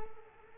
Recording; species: mosquito wingbeat signal from an infrared sensor; Culex quinquefasciatus